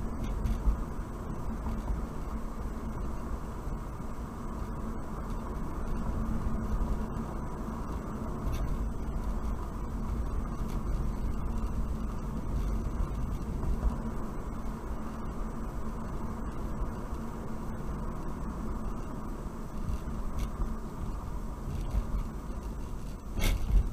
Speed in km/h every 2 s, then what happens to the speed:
48, 48, 50, 50, 48, 50, 50, 53, 52, 48, 42, 32.
0-16 steady at about 50. 16-24 slows to 32.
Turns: none.